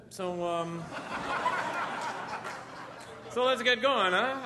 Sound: soundbite of audience laughter

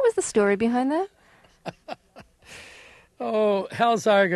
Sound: soundbite of laughter

